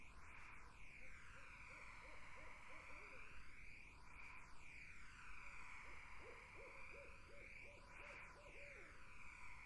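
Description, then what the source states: Barred owl giving two bursts of quick, low, rhythmic hoots over a steady wash of noise with sweeping tonal bands. Several barred owls in a summer wetland.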